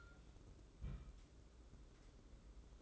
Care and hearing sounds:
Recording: daily activity, microphone in the room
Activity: place on stove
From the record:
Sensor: 3

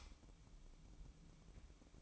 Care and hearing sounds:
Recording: daily activity, microphone in the room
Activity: light off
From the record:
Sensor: 1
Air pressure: 1008.0 hPa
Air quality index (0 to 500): 126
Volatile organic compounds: 2 ppm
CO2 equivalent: 1061 ppm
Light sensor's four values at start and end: 13/36/14/15 and 9/20/8/9

